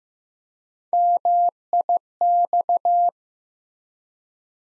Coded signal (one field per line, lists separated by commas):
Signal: Morse code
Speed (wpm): 15 wpm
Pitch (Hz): 700 Hz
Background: none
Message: MIX